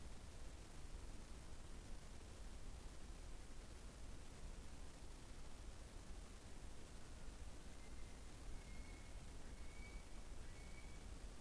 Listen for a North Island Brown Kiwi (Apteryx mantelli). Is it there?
yes